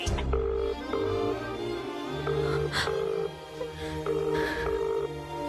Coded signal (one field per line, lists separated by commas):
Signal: telephone call progress tone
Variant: UK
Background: music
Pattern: ringback tone